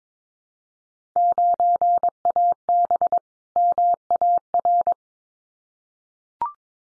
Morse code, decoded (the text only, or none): 9AB MAR